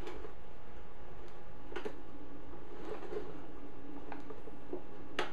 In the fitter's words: you hear that click?